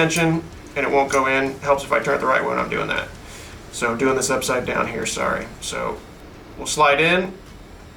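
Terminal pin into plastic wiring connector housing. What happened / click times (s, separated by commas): Handled, no seating click yet: the terminal pin has not locked into the connector / none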